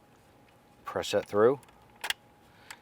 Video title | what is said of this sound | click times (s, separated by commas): How to Replace Seat Heater Switch 2005-2010 Chrysler 300 | you'll hear it and feel it lock into place. | 2.1 s